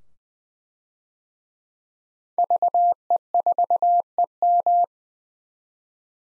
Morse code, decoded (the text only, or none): VE4EM